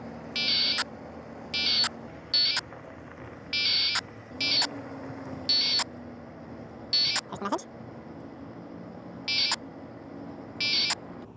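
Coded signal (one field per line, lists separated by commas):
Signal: packet radio (AX.25, as in APRS)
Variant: 1200 baud AFSK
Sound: about nine short harsh warbling data bursts, each a fraction of a second, spaced irregularly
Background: low hum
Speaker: and then it says message message ID has been sent to All recipients the second line on the log line and then we have a disconnect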